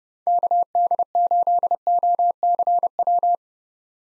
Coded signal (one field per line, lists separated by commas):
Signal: Morse code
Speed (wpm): 30 wpm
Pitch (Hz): 700 Hz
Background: none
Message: KD8OCW